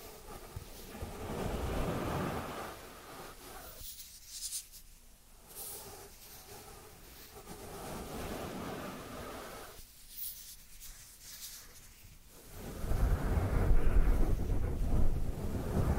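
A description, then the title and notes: Dry hands rub and brush against each other in a soft, papery rustle that swells and fades in uneven waves. Quieter stretches with light scratchy ticks sit between fuller strokes, and the rubbing grows loudest and heaviest in the last few seconds. Dry Dry Hand Sounds. (No Talking).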